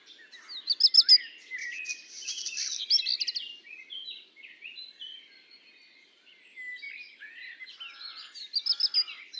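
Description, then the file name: Black redstart: a clicking rattle followed by a scratchy, rasping burst, then quieter warbling phrases, and the clicking rattle returning at the end. Heard with common blackbird song; recorded at Le Puech on 5 June 2021. "050621-chant-de-rougequeue-noir-de-merle-noir-Le-Puech"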